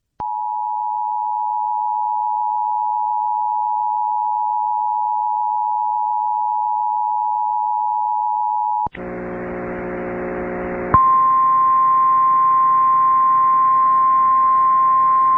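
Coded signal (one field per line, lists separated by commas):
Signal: Emergency Alert System (SAME) tones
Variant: 853 and 960 Hz attention tone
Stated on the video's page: Required monthly test issued by the National Weather Service, relayed by an FM station, recorded from its online live stream.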